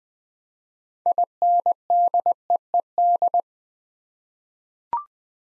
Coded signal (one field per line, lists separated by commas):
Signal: Morse code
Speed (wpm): 20 wpm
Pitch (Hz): 700 Hz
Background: none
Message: INDEED